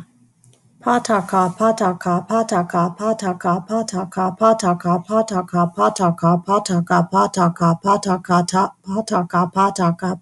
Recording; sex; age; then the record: repeated syllables /pa ta ka/; female; 30 to 39 years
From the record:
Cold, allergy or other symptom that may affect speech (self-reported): no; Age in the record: 39 years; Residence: Texas, United States